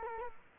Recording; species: mosquito wingbeat signal from an infrared sensor; Culex quinquefasciatus